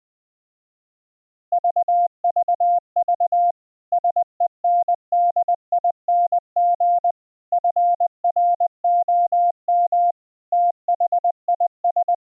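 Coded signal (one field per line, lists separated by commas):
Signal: Morse code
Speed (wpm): 20 wpm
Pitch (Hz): 700 Hz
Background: none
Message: VVV SENDING FROM THIS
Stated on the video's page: Morse used as a test signal, streamed between two locations over a low-latency MP3 audio link.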